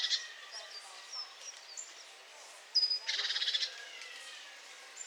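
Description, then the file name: Great tit call: a single dry, buzzy churr of pulsed notes lasting under a second, with thin high whistled notes before and after. "Parus major"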